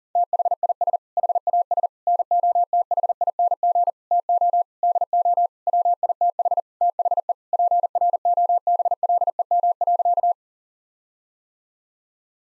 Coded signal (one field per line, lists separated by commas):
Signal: Morse code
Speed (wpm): 40 wpm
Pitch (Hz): 700 Hz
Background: none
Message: THIS HAS NOTHING TO DO WITH THE PROBLEM.